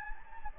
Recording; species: mosquito wingbeat signal from an infrared sensor; Anopheles gambiae